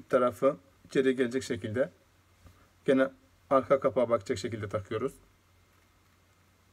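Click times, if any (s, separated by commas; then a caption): none. A SIM card is handled at the SIM slot of a Turkcell T60 phone, positioned with its contacts facing the back cover. Someone talks throughout, with pauses and a faint low hum. The card has not seated or clicked yet.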